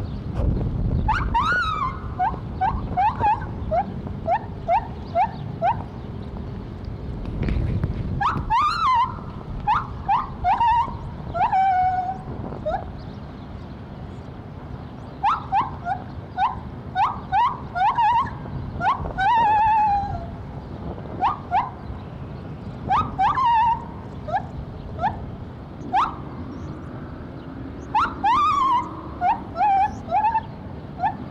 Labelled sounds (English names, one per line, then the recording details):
Lar Gibbon
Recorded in captivity
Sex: male
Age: adult
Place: Tierpark Berlin, Berlin, DE
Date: 1975-04-08
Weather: bedeckt, z.T. Nieselregen, 8 °C
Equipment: Uher 4200 Report Stereo, DM 622
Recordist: Tembrock, Günter
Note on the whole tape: Gesang des Männchens. Störungen durch Netzbrummen und nicht gelöschtes Bandmaterial